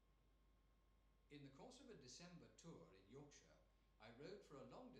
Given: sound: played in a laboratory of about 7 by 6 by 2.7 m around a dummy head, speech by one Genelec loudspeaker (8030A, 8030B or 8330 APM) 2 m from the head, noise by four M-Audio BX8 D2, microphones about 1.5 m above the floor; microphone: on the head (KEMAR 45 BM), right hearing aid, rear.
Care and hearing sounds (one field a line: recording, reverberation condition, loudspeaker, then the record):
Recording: male speech in English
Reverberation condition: medium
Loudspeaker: 30 degrees to the right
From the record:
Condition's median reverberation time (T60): about 510 ms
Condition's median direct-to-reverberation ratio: about -0.5 dB